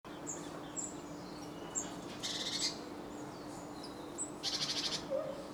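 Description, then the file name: Great tit churring calls, two harsh buzzy rattles about two seconds apart over a steady low hum, with faint high chirps. "Parus major"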